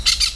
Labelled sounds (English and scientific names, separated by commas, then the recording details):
Brown-throated Parakeet (Eupsittula pertinax) contact call
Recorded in Venezuela
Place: Hato Matapalo, Bolívar
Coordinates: 7.356, -61.542